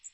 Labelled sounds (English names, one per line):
Magnolia Warbler flight call